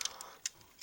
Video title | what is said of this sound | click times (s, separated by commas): MG Re-GZ Review | so you have to pull both of them, so you hear like 2 click noises if you don't do it in one shot. | 0.0 s, 0.5 s